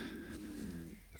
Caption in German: Mein Magen knurrt. Ich glaube, ich habe gestern zu viel gegessen. Ich glaube, ich habe auch ein bisschen zu viel Alkohol getrunken.